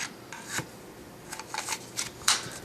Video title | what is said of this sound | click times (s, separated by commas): Benchmade 375 Adamas Fixed Blade Review | you get a nice positive click you heard that click the the knife all on its own will sit in this sheath very snugly | 2.3 s